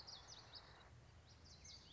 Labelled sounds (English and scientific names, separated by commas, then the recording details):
Common Yellowthroat (Geothlypis trichas)
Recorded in Sonoma County, California